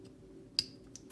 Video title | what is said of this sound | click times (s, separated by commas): WWII CAPTAIN AMERICA MARVEL LEGENDS 80 YEARS VEHICLE SERIES ACTION FIGURE REVIEW | And just to show you how the rifle goes back into the holster, you just slide it in like so, and you should hear a click to confirm it's inserted fully. | 0.6 s